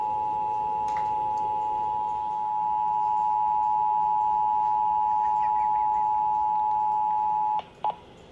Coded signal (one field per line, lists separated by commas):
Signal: Emergency Alert System (SAME) tones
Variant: 853 and 960 Hz attention tone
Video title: EAS #59 - Feb 2024 Required Monthly Test